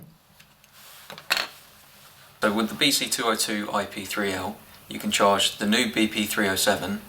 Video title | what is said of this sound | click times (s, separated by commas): Introducing the Icom BC-202IP3L Multi connectable Rapid Charger | then you just slide them both together until they click. | 1.3 s